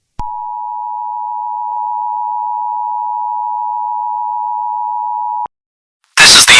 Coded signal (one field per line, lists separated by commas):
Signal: Emergency Alert System (SAME) tones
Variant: 853 and 960 Hz attention tone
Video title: WW3 EAS Part 5A: Fractured